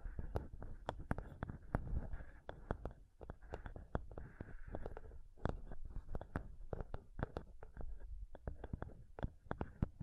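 Mic scratching and touching: sharp scraping clicks and taps land irregularly across the whole ten seconds, several per second, over a constant low rumble. Between the hits there is a soft rustling hiss, with a brief smoother brushing passage around four to five seconds.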